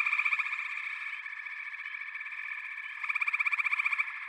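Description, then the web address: Frog chorus: a dense, steady trilling drone, with loud rapid pulsed calls at the start and again from about three to four seconds. A chorus of frogs calling together. "The Natural Sounds of the Wilderness. Echoes of Nature - Frog Chorus"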